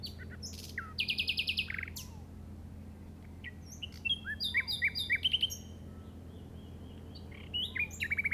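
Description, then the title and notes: Common nightingale song: rapid repeated notes in trills, fast buzzy series and sharp whistled phrases, pausing between bursts, over a steady low hum. In the Llobregat Delta at 06:00 on 8 May 2015. "Grabación de ruiseñor común (Luscinia megarhynchos) en el Delta del Llobregat a las 06:00 del 08/05/2015."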